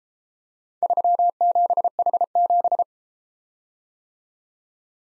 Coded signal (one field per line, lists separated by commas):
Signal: Morse code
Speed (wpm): 33 wpm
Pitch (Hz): 700 Hz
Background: none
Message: 37H7